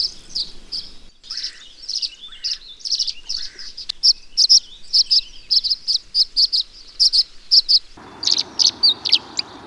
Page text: Tree Swallow. Audio 2 (M. Oberle)